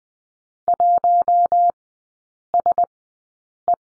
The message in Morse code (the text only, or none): 1SE